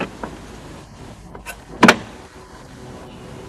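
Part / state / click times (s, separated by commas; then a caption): plastic trim panel clips into tailgate / seated / 1.8 s. A plastic tailgate trim panel on a third-generation Honda CR-V is pressed back onto its clips around the contour after a taillight bulb replacement. A few faint ticks and rustles are followed by a sharp, bright snap at 1.8 s as the panel clips into the tailgate. The panel is seated.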